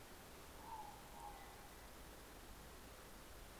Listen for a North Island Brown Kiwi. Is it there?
no